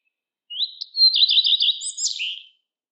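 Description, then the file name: Common redstart song: a single two-second phrase opening with a thin rising whistle, then a quick run of repeated warbled notes ending in a scratchy twittering flourish. Recorded in Estonia in spring. "lepalind"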